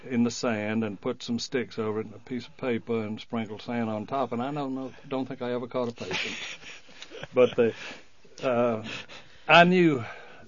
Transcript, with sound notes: in the sand, and put some stick over it and a piece of paper and sprinkled sand on top, and I don't know, don't think I ever caught a patient. (laughs) But the, I knew